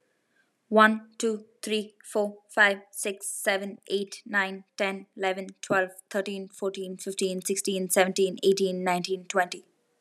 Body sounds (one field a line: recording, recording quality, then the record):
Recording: counting at a fast pace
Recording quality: excellent, no background noise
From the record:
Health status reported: healthy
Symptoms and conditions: none ticked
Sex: female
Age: 19 years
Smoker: not ticked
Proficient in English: yes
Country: India